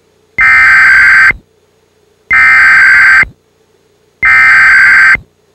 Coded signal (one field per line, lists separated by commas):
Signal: Emergency Alert System (SAME) tones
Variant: header bursts